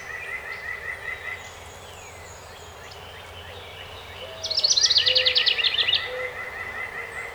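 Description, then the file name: House wren singing one fast, rattling, bubbly phrase of about a second and a half, over faint whistles and chips from other birds. Recorded 12 May 2018. "2018-05-12 HOWR"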